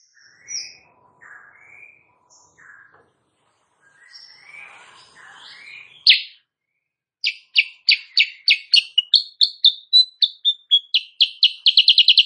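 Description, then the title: Sooty-headed bulbul song: scattered soft twitters, one sharp note, then a long accelerating train of crisp chirps. Morning singing, used as a tutor for training other songbirds; said to make rival birds answer. "Masteran Kutilang Sutra. Kutilang Sutra GACOR pagi hari bikin lawannya AUTO NYAUT"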